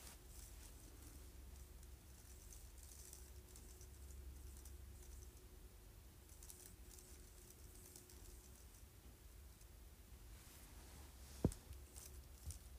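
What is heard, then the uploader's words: Fingers brush lightly over a keyboard in faint, scattered rustles above a steady low hum, with one sharp click near the end. ASMR Running Fingers Across Keyboard Lightly.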